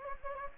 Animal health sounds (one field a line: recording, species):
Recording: mosquito wingbeat signal from an infrared sensor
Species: Anopheles gambiae